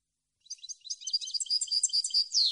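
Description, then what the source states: European goldfinch pouring out a continuous, rapid tinkling twitter with mixed high notes, ending in a drawn, falling note. Clean, noise-free goldfinch song issued on a CD, intended as a model for birds to copy.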